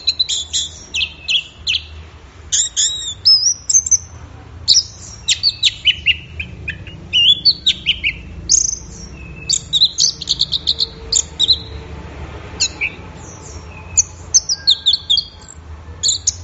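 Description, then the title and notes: Orange-headed thrush in sustained song, a steady stream of varied high whistles, rising slurs and clipped chirps repeated almost without pause over sixteen seconds. Bird in full, vigorous song (gacor, teler), offered as a track for training songbirds; offline collection. "Anis Merah Gacor Teler Untuk. Kumpulan Suara Burung Anis Offline"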